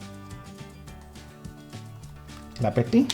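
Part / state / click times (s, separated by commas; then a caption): SO-DIMM RAM module into laptop memory slot / not seated / none. A second SO-DIMM RAM module is picked up and lined up with the laptop memory slot, but nothing has seated or clicked yet. Someone talks over steady background music, with a few louder handling noises near the end.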